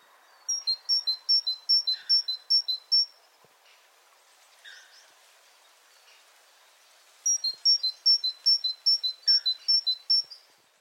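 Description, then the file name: Great tit song, a high two-note see-saw phrase repeated rapidly in two bursts separated by a pause with softer lower notes. "Parus major"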